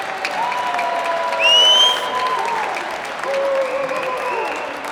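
crowd, audience applause

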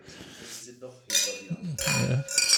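household object, beer glasses clinking

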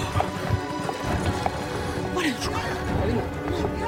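animal, horse hooves clip-clopping

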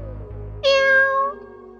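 animal, cat meowing

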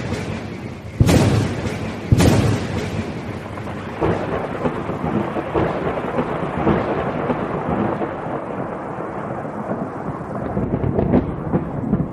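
sound effect, thunder and lightning strikes

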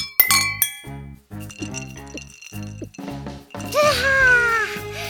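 household object, glasses clinking

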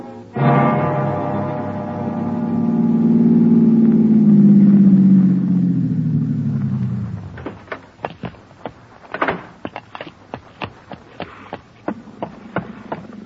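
vehicle, car engine driving

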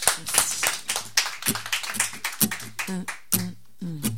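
crowd, audience applause

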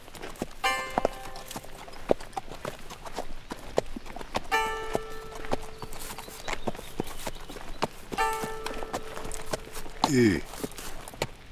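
animal, horse hooves clip-clopping

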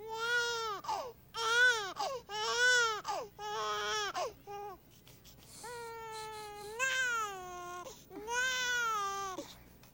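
human body sound, baby crying

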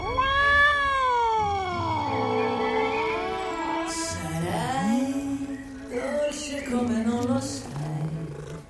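animal, cat meowing

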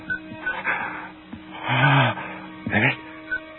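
animal, lion roaring

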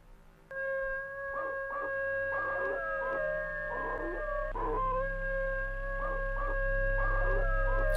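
animal, dog howling long

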